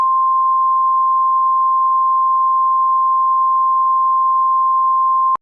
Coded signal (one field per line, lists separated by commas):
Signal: Emergency Alert System (SAME) tones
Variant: 1050 Hz attention tone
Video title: May 30, 2004 EAS Tornado Warning (Logan, OH County)